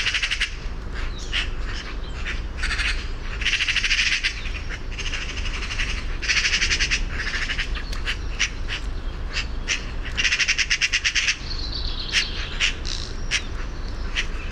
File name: Pica pica